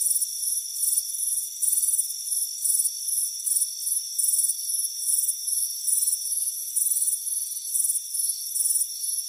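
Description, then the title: Crickets chirp in shrill pulsed bursts, one or two a second, over a constant high whine. Crickets chirping on a warm afternoon by a front porch. "Soothing Crickets Chirping Sound"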